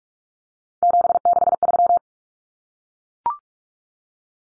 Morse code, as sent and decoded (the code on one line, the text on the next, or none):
--... -.... ...--
763